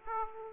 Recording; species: mosquito wingbeat signal from an infrared sensor; Aedes aegypti